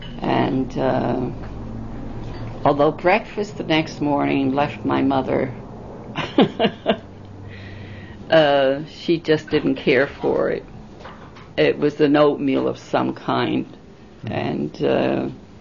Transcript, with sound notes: And although breakfast the next morning left my mother... ( she laughs ) She just didn't care for it. It was an oatmeal of some kind, and